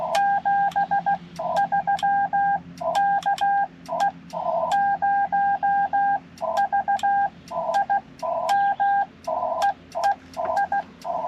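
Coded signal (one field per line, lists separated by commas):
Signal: Morse code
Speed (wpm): 16 wpm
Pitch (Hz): 800 Hz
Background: none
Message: 73 KE0VIM EE I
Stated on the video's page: CW Parks on the Air activation sent with paddles on a Yaesu FT-891 at 25 watts into a 17-ft whip on a mag-mount.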